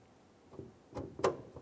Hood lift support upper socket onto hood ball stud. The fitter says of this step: that'll snap into place the metal clip would lock in